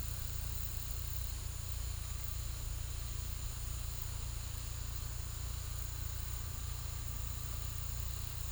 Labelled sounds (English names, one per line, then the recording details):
none
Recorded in pastures near Puerto Asís, Putumayo, Colombia, on 18 December 2024 at 15:00
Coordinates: 0.486, -76.323
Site GP01